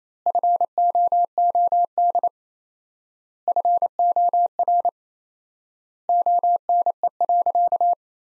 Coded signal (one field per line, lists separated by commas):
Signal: Morse code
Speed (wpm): 28 wpm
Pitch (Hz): 700 Hz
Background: none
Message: FOOD FOR ONE.